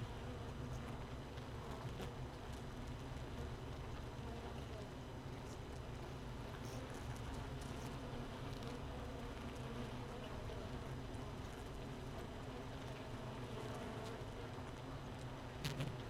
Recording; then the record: honeybee colony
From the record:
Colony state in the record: missing queen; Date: 31 May 2018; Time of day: 15:33